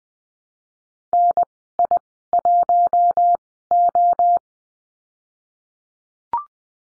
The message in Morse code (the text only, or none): NI1O